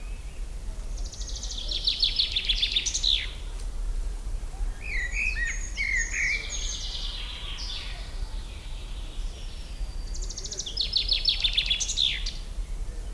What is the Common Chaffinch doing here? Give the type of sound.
song